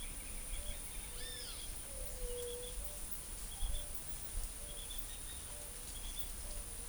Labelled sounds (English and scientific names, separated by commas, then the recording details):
Pale-legged Hornero (Furnarius leucopus), Eared Dove (Zenaida auriculata), Great Kiskadee (Pitangus sulphuratus), White-tipped Dove (Leptotila verreauxi)
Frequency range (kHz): Great Kiskadee (Pitangus sulphuratus) 0.7-5.6 kHz; White-tipped Dove (Leptotila verreauxi) 0.4-0.8 kHz
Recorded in forest near Pivijay, Magdalena, Colombia, on 3 June 2023 at 09:00
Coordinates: 10.467, -74.380
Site Z5-G034